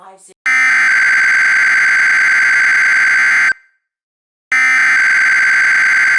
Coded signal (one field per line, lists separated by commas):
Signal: Emergency Alert System (SAME) tones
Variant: header bursts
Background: speech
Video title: EAS Severe Thunderstorm Statement